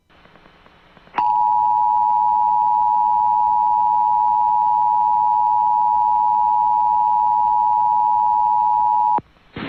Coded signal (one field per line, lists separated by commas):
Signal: Emergency Alert System (SAME) tones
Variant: 853 and 960 Hz attention tone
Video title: Severe Thunderstorm Warning for multiple counties in Georgia. (EAS #82)